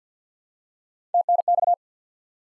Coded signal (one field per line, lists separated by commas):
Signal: Morse code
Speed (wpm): 50 wpm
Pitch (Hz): 700 Hz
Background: none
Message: TNX